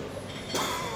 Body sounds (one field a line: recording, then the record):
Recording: coughing mixed with background sound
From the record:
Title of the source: Mid-morning Winter Coughing Fit